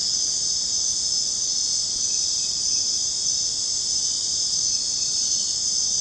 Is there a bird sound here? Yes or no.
no